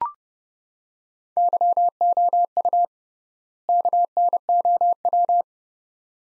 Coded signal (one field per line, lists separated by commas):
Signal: Morse code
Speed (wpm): 31 wpm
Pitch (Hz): 700 Hz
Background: none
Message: YOU KNOW